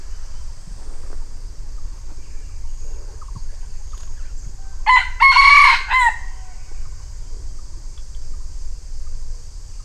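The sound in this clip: Red junglefowl crowing: a single harmonic crow of about a second, standing out over low background rumble.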